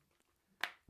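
A Spigen Enzo protective case is pressed back onto an iPhone 13 Pro Max and pops into place with one sharp, bright click at 0.6 seconds, followed by a short decaying tail. The case seats with a firm, snug fit.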